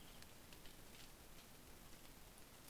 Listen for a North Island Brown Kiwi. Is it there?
no